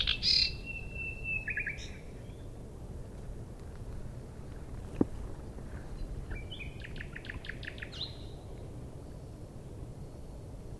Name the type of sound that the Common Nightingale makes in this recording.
song